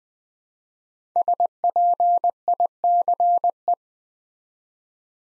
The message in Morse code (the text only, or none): SPICE